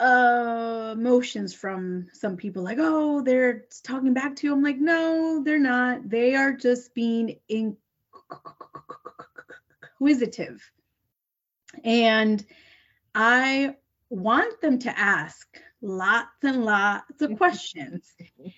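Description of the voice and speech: An adult woman who stutters speaks. Her speech is broken by a two-second block mid-word, with rapid strained bursts and stretched sounds, typical of stuttering. She gets stuck on words and pauses. Her stutter was worse in childhood.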